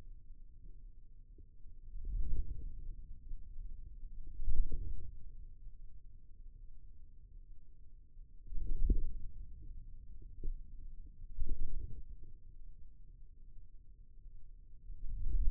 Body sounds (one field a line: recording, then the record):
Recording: forearm muscle sounds (acoustic myography)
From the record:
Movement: wrist flexion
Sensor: system 2, bracelet of six BSWA MPA416 microphones around the upper forearm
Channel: 3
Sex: male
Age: 22 years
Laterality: right